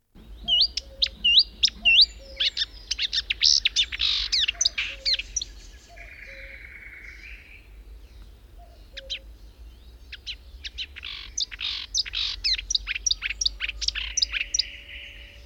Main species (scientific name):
Acrocephalus palustris